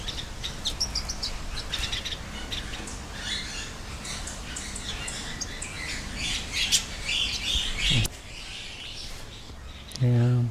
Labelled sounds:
Golden-breasted Fulvetta call
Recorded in captivity
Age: adult
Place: Zoo Berlin, Berlin, DE
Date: 1997-08-28 10:29
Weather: sunny, 22-28°C
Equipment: Sony MD-WM MZ-R3, Sennheiser ME 80, K 30 AV, Kopie Uher 4000 Report Monitor
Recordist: Tembrock, Günter
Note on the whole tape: Lautfolgen (Entfernung ca. 30 cm)

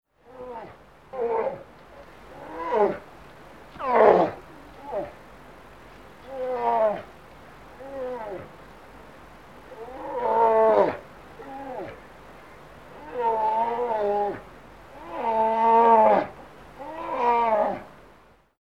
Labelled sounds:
Brown Bear
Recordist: Tembrock, Günter
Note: Rufe eines erwachsenen Tieres

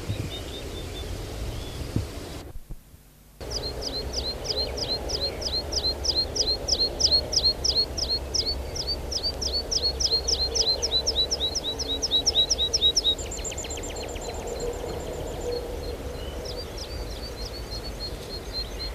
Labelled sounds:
Meadow Pipit song
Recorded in the wild
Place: Clausthal-Zellerfeld, Oberharz, Niedersachsen, DE
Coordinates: 51.78, 10.33
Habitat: forest
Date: 1985-06-11
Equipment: Sony WM-D6C, Big Ear
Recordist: Skiba, Reinald

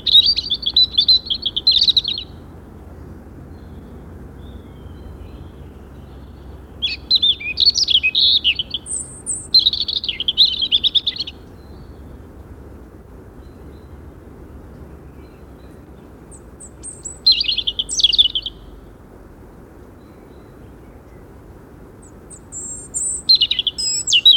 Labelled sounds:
European Robin song
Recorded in the wild
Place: Lakatnik, Sofia, BG
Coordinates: 43.053, 23.409
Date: 1974-05-17
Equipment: Nagra III BH, Sennheiser MD 21, parabola
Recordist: Schubert, Michael

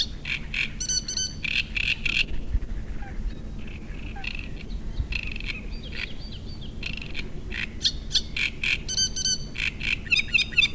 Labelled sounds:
Great Reed Warbler
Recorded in the wild
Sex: male
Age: adult
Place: Müggelsee, Berlin, DE
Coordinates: 52.43, 13.64
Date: 1991-06-07 19:25
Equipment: Uher 4400 Report Monitor, Sennheiser ME 80, K 30 AV
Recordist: Fischer, Stefan
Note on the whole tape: Bestand 23/24: Tier M 1635 - wohl nicht verpaart, Gesang, fliegt in nächsten Bestand

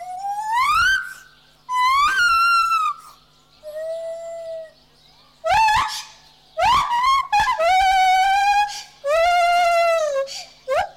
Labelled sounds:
Lar Gibbon
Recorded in captivity
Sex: diverse
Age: diverse
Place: Tierpark Berlin, Berlin, DE
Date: 1983-01-23
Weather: bedeckt, böiger Wind, 4 °C
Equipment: Nagra SN, Sennheiser MKH 416 T (Automatik), Kopie Uher 4000 Report Monitor
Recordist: Tembrock, Günter

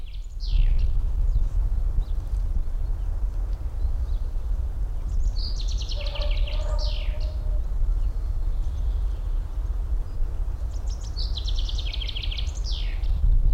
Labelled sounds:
Common Chaffinch
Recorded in the wild
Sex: male
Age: adult
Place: Mühlenbeck, am Tegeler Fließ, Brandenburg, DE
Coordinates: 52.667, 13.37
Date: 1993-03-21 11:08
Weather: sonnig, ca. 12 °C
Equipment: Marantz CP 430, Sennheiser ME 80, Kopie Uher Variocord 263
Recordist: Tembrock, Günter

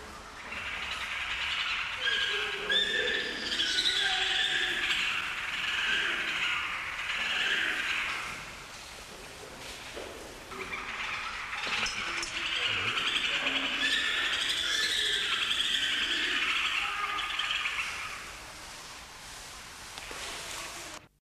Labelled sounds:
Black Crake call
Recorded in captivity
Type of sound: call
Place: Zoo Hannover, Niedersachsen, DE
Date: 1984-05-01
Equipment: Halbspur, 9,5 cm/s
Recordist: Lütgens, Hans
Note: Rufe

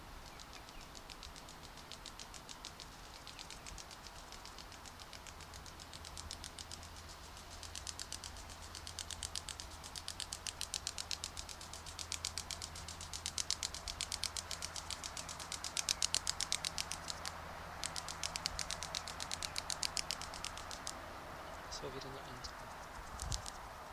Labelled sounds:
Crackling Forest Grasshopper wing sound
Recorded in the wild
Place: Jasper National Park, Rocky Mountains, Alberta, CA
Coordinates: 53.1956, -117.965
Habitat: clearing
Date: 1991-09-17 14:09
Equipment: Sony WM-D6C, Sony ECM-939 LT (Stereo), Kopie Uher 4400 IC
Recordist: Frommolt, Karl-Heinz

